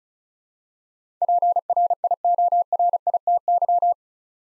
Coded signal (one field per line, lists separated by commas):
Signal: Morse code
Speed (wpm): 34 wpm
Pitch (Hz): 700 Hz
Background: none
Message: PRIORITY